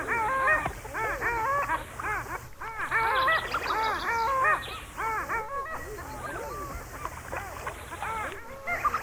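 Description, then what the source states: Long-tailed Ducks in full chorus, loud nasal yodeled notes rising and falling in quick overlapping bursts, with brief lulls between surges. Field recording.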